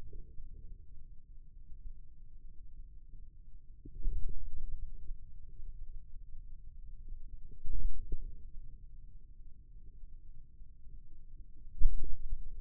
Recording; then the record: forearm muscle sounds (acoustic myography)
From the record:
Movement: ulnar deviation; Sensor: system 2, bracelet of six BSWA MPA416 microphones around the upper forearm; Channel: 2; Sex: male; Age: 22 years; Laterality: right